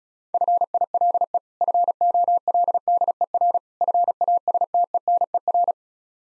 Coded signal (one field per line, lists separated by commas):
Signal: Morse code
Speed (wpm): 36 wpm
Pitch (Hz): 700 Hz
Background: none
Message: FILE FOLDER FASTENER